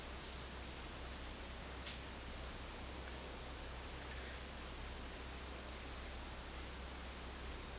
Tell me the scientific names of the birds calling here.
none